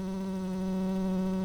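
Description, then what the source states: Tree bumblebee buzz, a steady low drone with a strong fundamental and evenly stacked harmonics, unbroken and even in loudness throughout. Worker bees.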